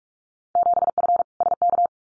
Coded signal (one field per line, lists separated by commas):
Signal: Morse code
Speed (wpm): 44 wpm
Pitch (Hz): 700 Hz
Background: none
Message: 7F SK